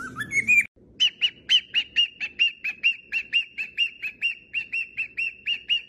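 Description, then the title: Cockatiel song: a short warbling opener, then a long, rapid, evenly repeated run of bright whistled notes. Several cockatiels singing, whistling. "Calopsitas Cantando Assobio"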